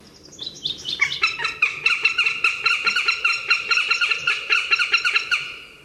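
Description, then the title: Northern Goshawk call, a fast, dense chattering series of harsh repeated notes lasting several seconds before fading out. "vogel der woche. Habicht"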